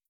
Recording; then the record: hydrophone in a shrimp aquaculture tank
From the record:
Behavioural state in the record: starved